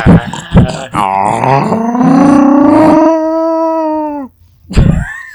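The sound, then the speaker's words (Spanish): A person imitates a bear's growl: a loud, drawn-out vocal cry lasting about three seconds, slowly rising in pitch and then cutting off, with short vocal bursts before and after. “¿Cómo lo hacen los osos? Pues gruñen, ¿no?”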